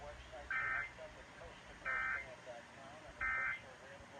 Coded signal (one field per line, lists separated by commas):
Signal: Emergency Alert System (SAME) tones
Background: speech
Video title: Tests (EAS 290-292)